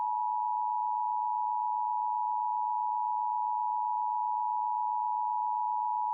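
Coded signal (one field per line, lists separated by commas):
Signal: Emergency Alert System (SAME) tones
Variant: 853 and 960 Hz attention tone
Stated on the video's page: Recreation of a Tornado Warning, not a real alert.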